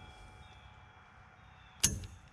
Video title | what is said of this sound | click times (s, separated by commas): Bear Creek Arsenal 223 Wylde AR15... So Disappointed.... | No, it wasn't good actually. Oh, it didn't catch. | none